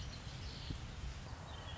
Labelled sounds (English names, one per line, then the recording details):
Red-winged Blackbird
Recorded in Sonoma County, California